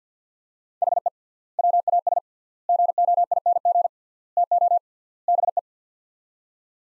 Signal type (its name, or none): Morse code